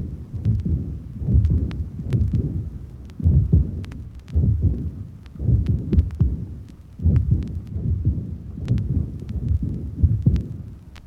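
Slow, regular low-pitched heartbeats at about 55 a minute, with a soft rushing sound filling much of each cycle between the beats. This is a heart murmur: turbulent blood flow through the heart heard alongside the normal heart sounds.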